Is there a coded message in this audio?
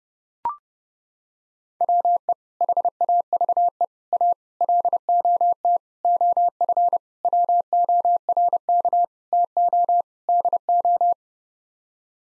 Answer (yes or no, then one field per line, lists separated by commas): yes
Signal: Morse code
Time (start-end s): 1.8-11.1 s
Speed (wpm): 32 wpm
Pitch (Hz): 700 Hz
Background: none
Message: WE HAVE A LOT OF WORK TO DO